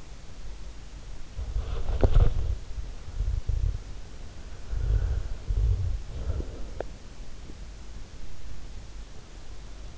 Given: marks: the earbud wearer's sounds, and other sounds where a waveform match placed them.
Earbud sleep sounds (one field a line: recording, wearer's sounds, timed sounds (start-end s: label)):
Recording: sounds in sleep by an in-ear microphone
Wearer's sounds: body movement, breath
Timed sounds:
0.00-8.79 s: body movement
4.52-7.04 s: breath